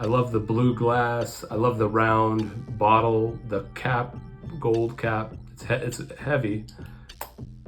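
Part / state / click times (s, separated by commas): cap onto perfume bottle atomizer / seated / 7.2 s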